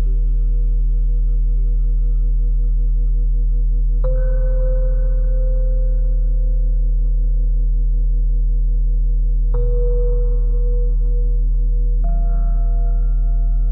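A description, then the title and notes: Layered steady tones at 174, 417 and 741 Hz hum beneath singing-bowl-like strikes near 4, 9.5 and 12 seconds, each ringing long. 174Hz+417Hz+741Hz.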